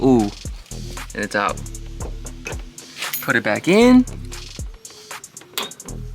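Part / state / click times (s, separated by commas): car front bumper corner into quick-release bracket / seated / 5.6 s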